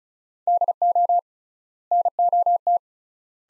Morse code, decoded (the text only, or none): DO NOT